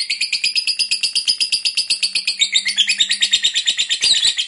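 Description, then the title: Lovebird giving long shrill chatter, rapid harsh notes pulsing steadily several times a second, a faint low hum beneath in the middle. Long 'ngekek' chatter, bird described as gacor (vocalizing actively). "LOVEBIRD NGEKEK PANJANG GACOR"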